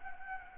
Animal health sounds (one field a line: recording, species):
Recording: mosquito wingbeat signal from an infrared sensor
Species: Anopheles gambiae